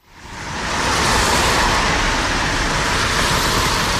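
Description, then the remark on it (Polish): A steady, dense roar of road traffic after eight o'clock swells in within the first second and holds at a constant level, a broad hiss-like wash of passing cars with no voices. “Po godzinie 8 samochody, których jest coraz więcej.”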